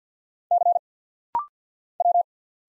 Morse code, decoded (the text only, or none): C W